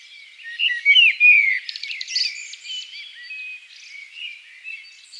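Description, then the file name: Common blackbird song: a loud fluty whistled phrase ending in a thin twittering flourish, then quieter warbling notes fading out. "Turdus merula"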